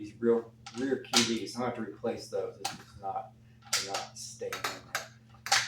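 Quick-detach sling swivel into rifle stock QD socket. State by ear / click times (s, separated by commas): seated / 5.5 s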